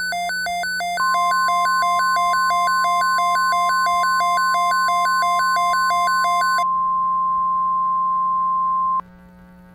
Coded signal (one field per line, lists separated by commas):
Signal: Emergency Alert System (SAME) tones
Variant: 1050 Hz attention tone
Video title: Temper Tantrum (EAS Scenario)